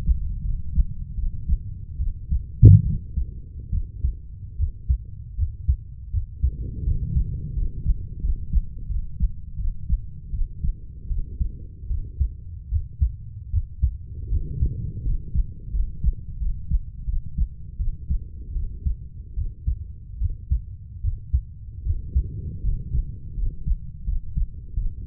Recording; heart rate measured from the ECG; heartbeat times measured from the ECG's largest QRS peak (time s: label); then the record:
heart sounds by stethoscope; 79 bpm
0.42 s: heartbeat
1.15 s: heartbeat
1.98 s: heartbeat
2.83 s: heartbeat
3.71 s: heartbeat
4.57 s: heartbeat
5.36 s: heartbeat
6.11 s: heartbeat
6.84 s: heartbeat
7.54 s: heartbeat
8.21 s: heartbeat
8.88 s: heartbeat
9.57 s: heartbeat
10.31 s: heartbeat
11.08 s: heartbeat
11.88 s: heartbeat
12.69 s: heartbeat
13.51 s: heartbeat
14.30 s: heartbeat
15.03 s: heartbeat
15.72 s: heartbeat
16.38 s: heartbeat
17.05 s: heartbeat
17.77 s: heartbeat
18.53 s: heartbeat
19.35 s: heartbeat
20.19 s: heartbeat
21.01 s: heartbeat
21.83 s: heartbeat
22.62 s: heartbeat
23.35 s: heartbeat
24.05 s: heartbeat
24.75 s: heartbeat
From the record:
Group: healthy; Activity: rest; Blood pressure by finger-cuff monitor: 139/78 mmHg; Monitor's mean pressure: 95 mmHg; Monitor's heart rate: 79 bpm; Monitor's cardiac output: 6.8 L/min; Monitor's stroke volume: 85 mL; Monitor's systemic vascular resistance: 1020 dyn s/cm5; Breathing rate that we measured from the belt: 8 breaths a minute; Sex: female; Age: 32 years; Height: 168 cm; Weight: 61.9 kg